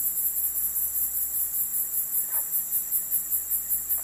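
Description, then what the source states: Cicadas singing a high, rhythmic, pulsing buzz. At night.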